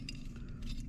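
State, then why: Not seated. A replacement thermostat for a Broan 355BK ventilation fan is handled at its mount on the fan housing, with a sharp light clink near 0.1 s and a softer tap around 0.4 s over a steady low hum. Nothing has seated or clicked into place yet.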